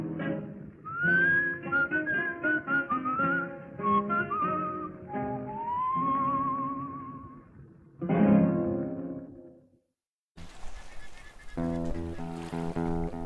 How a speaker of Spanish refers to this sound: No poder escuchar hoy otra vez nuestra vieja señal, aquel silbar que a la hora de reunión el barrio oyó.